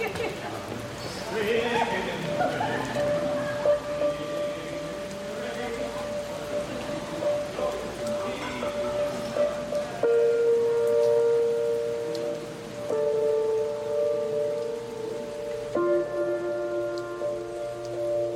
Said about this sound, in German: Aber es hat gerade angefangen zu regnen. Ich fand es schon immer romantisch, durch den Regen zu laufen.